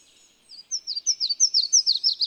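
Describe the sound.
Bird song that starts softly and builds into a brisk, even series of many high, sliding notes, each dropping in pitch.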